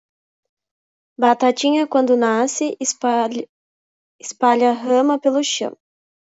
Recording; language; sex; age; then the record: short text; Brazilian Portuguese; female; 20 to 29 years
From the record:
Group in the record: control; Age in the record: 26 years